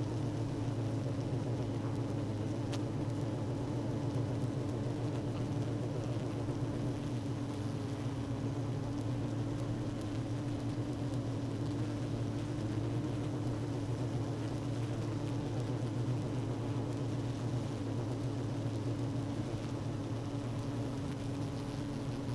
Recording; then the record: honeybee colony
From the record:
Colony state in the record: active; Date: 12 June 2018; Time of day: 16:05